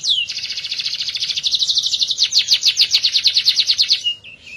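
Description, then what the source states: Canary producing a sustained rapid rolling trill at high pitch for about four seconds, ending with a soft short note. Therapy recording for a canary that has stopped singing; F1 canary.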